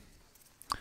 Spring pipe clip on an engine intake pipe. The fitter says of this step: so that's the click R